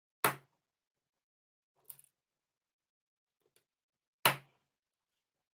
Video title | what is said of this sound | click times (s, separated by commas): Twitch Stream 30th May 2021 - Lego Bonsai Tree | makes such a satisfying snap when it comes together | 4.3 s